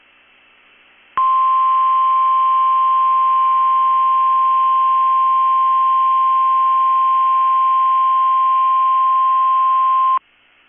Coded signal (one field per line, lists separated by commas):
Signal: Emergency Alert System (SAME) tones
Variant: 1050 Hz attention tone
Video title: That was early | 9/28/22 - KEC65 Required Weekly Test (EAS #661)